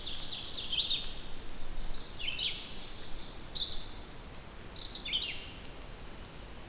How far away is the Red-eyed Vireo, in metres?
about 35 m